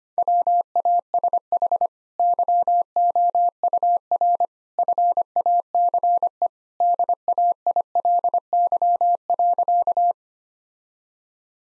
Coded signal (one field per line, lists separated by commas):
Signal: Morse code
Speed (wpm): 25 wpm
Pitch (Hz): 700 Hz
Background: none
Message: WASH YOUR FACE DAILY.